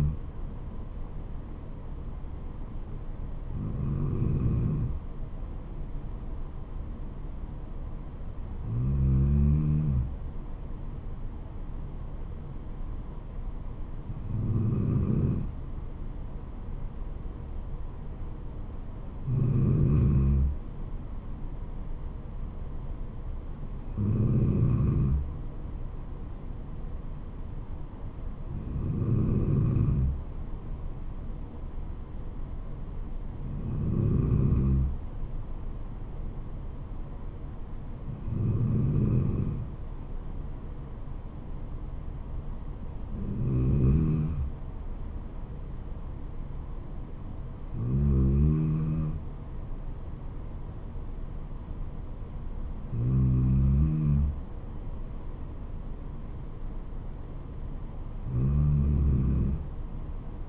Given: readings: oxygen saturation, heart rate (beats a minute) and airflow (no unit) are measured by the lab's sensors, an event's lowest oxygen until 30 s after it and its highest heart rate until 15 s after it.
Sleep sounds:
breathing in sleep by a smartphone at the bedside; none
none scored
From the record:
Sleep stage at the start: N2 (light sleep); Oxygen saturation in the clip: 93 to 94%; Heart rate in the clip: 66 to 75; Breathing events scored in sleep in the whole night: 426 in 7.4 hours asleep

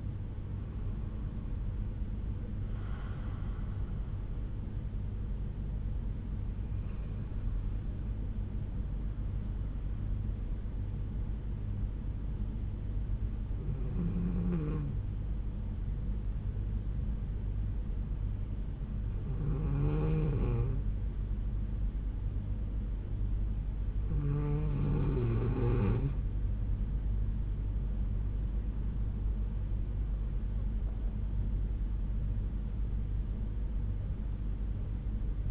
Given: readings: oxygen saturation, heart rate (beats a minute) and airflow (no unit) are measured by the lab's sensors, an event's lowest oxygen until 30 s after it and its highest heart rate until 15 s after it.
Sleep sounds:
breathing in sleep by a smartphone at the bedside; 1
13.00-26.30 s: hypopnea (N2, oxygen 95% highest, then 92% lowest, heart rate 59 at the start, 70 highest)
25.00-35.51 s: new sleep stage, N1 (lightest sleep)
From the record:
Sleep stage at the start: N2 (light sleep); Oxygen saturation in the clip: 93 to 95%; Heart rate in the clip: 59 to 70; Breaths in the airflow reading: 7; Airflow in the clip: -6.0 to 5.9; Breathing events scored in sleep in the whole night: 368 in 8.0 hours asleep

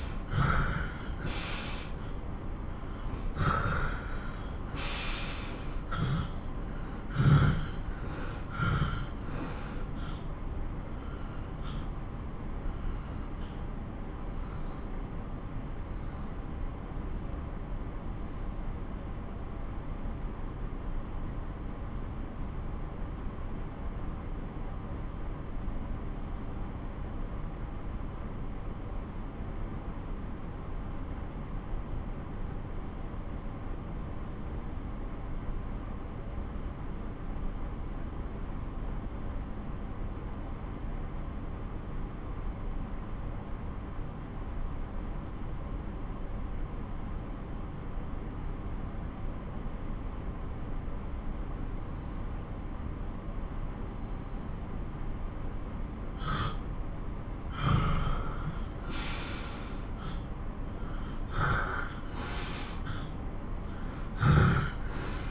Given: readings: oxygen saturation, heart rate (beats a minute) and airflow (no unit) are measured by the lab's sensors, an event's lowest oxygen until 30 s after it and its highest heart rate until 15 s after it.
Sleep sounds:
breathing in sleep by a smartphone at the bedside; 1
12.00-59.40 s: obstructive apnea (N1, oxygen 95% highest, then 89% lowest)
16.00-46.00 s: new sleep stage, N2 (light sleep)
46.00-65.31 s: new sleep stage, N1 (lightest sleep)
From the record:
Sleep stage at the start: N1 (lightest sleep); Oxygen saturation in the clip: 81 to 95%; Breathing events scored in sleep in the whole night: 217 in 6.3 hours asleep

